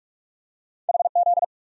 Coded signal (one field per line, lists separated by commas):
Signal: Morse code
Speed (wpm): 44 wpm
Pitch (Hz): 700 Hz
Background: none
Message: H Z